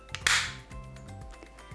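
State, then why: Seated. The plastic housing of a spiralizer for the Thermomix TM5 and TM6, holding the blade holder with green blade no. 2 and the gear, is closed and pressed shut. A light tap at 0.15 s leads into a sharp snap at 0.3 s, followed by quieter handling sounds. The housing is seated and clicked closed at 0.3 s.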